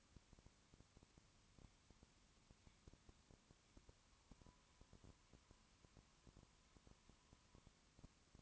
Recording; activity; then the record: daily activity, microphone in the room; no activity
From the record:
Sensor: 1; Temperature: 19.2 degrees Celsius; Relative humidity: 37.8%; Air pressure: 1001.1 hPa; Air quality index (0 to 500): 198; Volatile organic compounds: 7 ppm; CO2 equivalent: 1994 ppm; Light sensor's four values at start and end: 1/2/1/1 and 1/2/1/1